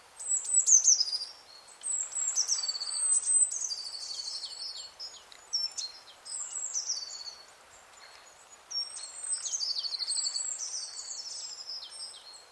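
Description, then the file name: Eurasian blue tit giving repeated high sweeping notes that drop into quick trills, in several bursts with brief pauses between. "Cyanistes caeruleus"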